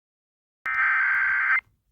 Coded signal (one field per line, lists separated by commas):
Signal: Emergency Alert System (SAME) tones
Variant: header bursts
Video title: Eas snow squall warning in Amarillo tx Eas#385